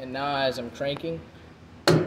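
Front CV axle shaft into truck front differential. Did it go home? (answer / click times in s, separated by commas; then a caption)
yes / 1.9 s. Someone talks while the front CV axle shaft of a 2007 Tundra is forced into the truck's front differential with a pry bar braced against the floor. One sharp metallic snap is heard at 1.9 s as the retaining circlip engages and the axle seats.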